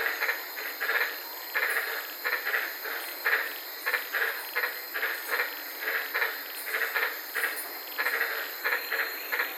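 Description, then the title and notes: White-lipped tree frogs calling in a dense chorus, short barking notes overlapping in quick irregular bursts over a steady high hiss. Several frogs calling at night in the Daintree rainforest, Queensland; recorded while sitting in a car. "White Lipped Frog Podcast. I was sitting in my car in the Daintree rainforest in Queensland this night and fell asleep listening to these amazing White lipped frogs"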